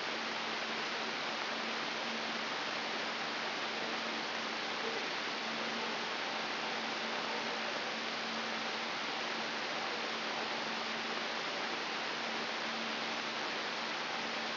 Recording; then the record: brain microelectrode recording played as sound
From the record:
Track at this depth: inside the subthalamic nucleus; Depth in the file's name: 7.329 mm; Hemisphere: right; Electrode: 3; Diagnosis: Parkinson's disease